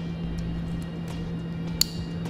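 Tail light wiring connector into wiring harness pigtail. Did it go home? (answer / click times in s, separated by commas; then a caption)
yes / 1.8 s. The plastic wiring connector of a 2009 Honda Fit's tail light assembly is pushed onto the new wiring pigtail during a Roadmaster 4-Diode Universal Wiring Kit towed-vehicle install. A single sharp click at 1.8 s stands out over a steady low hum. The connector is seated and locked onto the pigtail.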